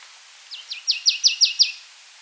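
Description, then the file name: Marsh tit giving a run of seven sharp, downslurred chip notes, growing louder over the first few, in under a second and a half. "Poecile palustris"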